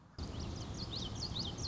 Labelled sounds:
Common Yellowthroat
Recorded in Sonoma County, California

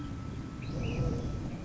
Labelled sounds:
Ash-throated Flycatcher
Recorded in Sonoma County, California

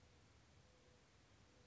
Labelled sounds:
Mourning Dove
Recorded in Sonoma County, California

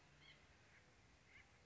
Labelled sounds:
White-breasted Nuthatch
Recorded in Sonoma County, California

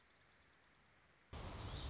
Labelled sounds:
Dark-eyed Junco
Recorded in Sonoma County, California

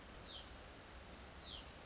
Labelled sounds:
Hutton's Vireo
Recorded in Sonoma County, California

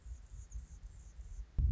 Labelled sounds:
Anna's Hummingbird
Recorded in Sonoma County, California

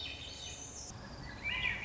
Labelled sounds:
Swainson's Thrush
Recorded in Sonoma County, California

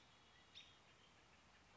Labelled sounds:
American Robin
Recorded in Sonoma County, California

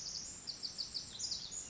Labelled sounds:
Pacific Wren
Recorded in Sonoma County, California

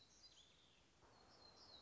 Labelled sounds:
Black-throated Gray Warbler
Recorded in Sonoma County, California

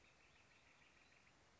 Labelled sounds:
Northern Flicker
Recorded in Sonoma County, California

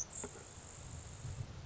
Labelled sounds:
Grasshopper Sparrow
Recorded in Sonoma County, California

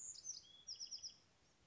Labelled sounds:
Bewick's Wren
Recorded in Sonoma County, California

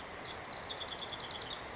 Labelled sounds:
House Wren
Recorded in Sonoma County, California

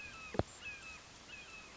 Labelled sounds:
Red-shouldered Hawk
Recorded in Sonoma County, California

